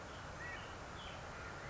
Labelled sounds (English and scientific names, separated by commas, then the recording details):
California Quail (Callipepla californica)
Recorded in Sonoma County, California